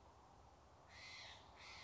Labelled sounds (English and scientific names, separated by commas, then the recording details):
White-breasted Nuthatch (Sitta carolinensis)
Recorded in Sonoma County, California